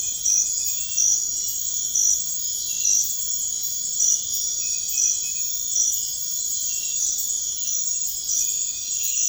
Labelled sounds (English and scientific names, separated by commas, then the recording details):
none
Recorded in pastures near Puerto Asís, Putumayo, Colombia, on 21 March 2025 at 03:00
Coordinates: 0.502, -76.324
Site GP07